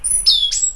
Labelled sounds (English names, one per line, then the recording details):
Stitchbird song
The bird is a male
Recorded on Tiritiri Matangi Island, New Zealand, in 2005
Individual 12, of nest box 16